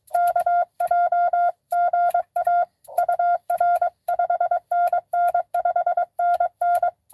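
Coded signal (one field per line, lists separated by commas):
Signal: Morse code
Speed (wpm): 22 wpm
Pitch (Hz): 700 Hz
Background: none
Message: KJ GA UR 5NN 5NN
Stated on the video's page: Parks on the air CW activation at a state park, live.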